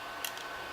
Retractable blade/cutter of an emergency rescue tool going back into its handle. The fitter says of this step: you can hear it's in position when you hear the click